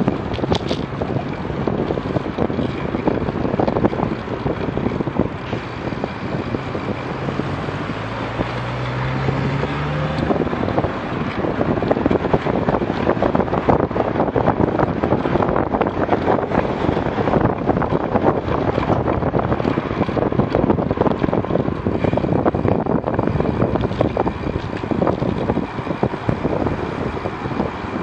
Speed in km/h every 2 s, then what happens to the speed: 23, 23, 16, 14, 18, 20, 22, 23, 25, 25, 24, 24, 24, 24.
0-6 slows to 14. 6-16 speeds up to 25. 16-28 steady at about 24.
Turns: 3-7.